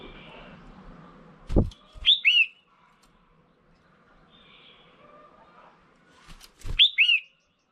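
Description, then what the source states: Red-whiskered bulbul calls: two bright bursts of two or three quick slurred notes, each after a soft thump, separated by a quiet pause of about four seconds. Female.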